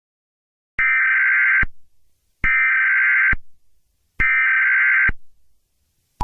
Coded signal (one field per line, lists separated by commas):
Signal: Emergency Alert System (SAME) tones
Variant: header bursts